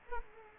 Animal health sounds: mosquito wingbeat signal from an infrared sensor; Culex quinquefasciatus

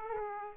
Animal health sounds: mosquito wingbeat signal from an infrared sensor; Aedes aegypti

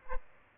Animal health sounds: mosquito wingbeat signal from an infrared sensor; Aedes aegypti

